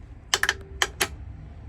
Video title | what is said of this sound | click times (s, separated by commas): Skil sliding mitre saw MS6305-00 - unboxing - review | and it just snaps back into place | 0.8 s